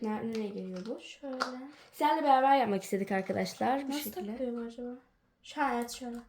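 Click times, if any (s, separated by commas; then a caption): none. A plastic piece is handled while being fitted into a plastic toy display stand for bath bombs, as someone talks throughout. Nothing has seated or clicked yet by the end of the clip.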